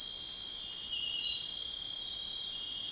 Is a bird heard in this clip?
no